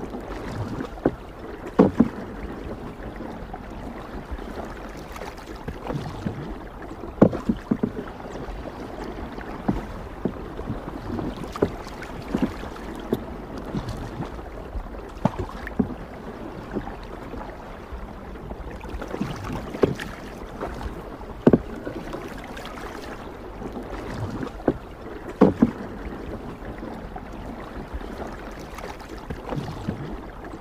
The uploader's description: A lovely row boat soundscape